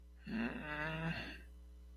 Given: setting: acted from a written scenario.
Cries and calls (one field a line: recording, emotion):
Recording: vocal sound without words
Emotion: shame